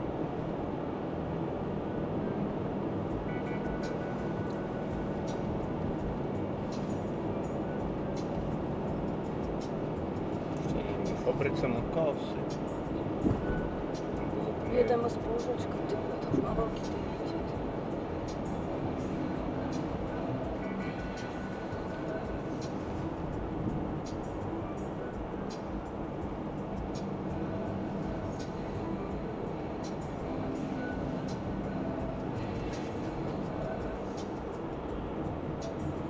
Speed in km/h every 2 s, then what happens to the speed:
50, 50, 50, 50, 51, 51, 51, 51, 52, 52, 52, 51, 50, 49, 49, 51, 51, 51.
0-36 steady at about 51.